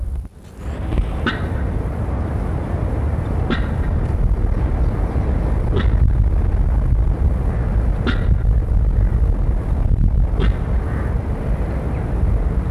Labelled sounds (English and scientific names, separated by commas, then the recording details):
Black Wildebeest (Connochaetes gnou) call
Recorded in captivity
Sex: male
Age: adult
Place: Tierpark Berlin, Berlin, DE
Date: 1961-12-02 15:00
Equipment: Minifon, Kopie Smaragd
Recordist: Tembrock, Günter